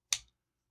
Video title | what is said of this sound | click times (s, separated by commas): Synology DS920+ Initial Setup | the side brackets to get them locked into place okay that's | 0.1 s